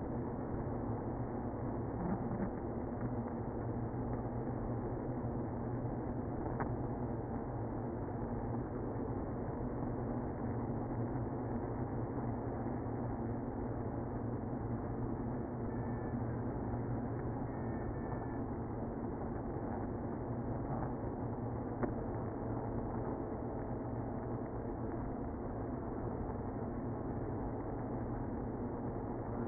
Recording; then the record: honeybee colony, microphone inside the hive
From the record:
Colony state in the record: queenless (queen removed); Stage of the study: after two queens were removed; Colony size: about 60,000 bees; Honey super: yes